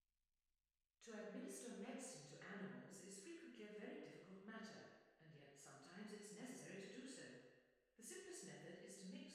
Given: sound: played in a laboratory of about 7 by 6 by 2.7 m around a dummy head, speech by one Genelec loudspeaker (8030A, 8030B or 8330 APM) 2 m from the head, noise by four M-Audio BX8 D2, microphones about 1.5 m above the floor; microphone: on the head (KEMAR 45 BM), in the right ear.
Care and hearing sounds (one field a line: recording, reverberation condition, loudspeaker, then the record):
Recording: female speech in English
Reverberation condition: high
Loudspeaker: 90 degrees to the left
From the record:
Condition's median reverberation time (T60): about 1300 ms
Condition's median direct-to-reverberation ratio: about -4.0 dB